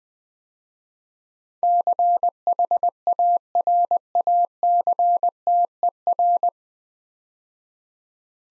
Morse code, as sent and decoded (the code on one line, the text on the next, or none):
-.-. .... .- .-. .- -.-. - . .-.
CHARACTER